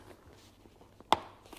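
A foam liner snap is pressed into the shell of a BRP Oxygen helmet, giving one sharp, loud snap at 1.1 s against quiet background handling, with faint small ticks just before and after. The snap clicks home and the liner is seated.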